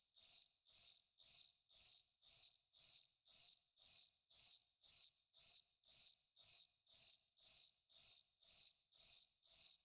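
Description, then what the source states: Cricket giving a constant chirp, bright high pulses repeating roughly twice per second in an even, unbroken rhythm over silence. Constant cricket bed.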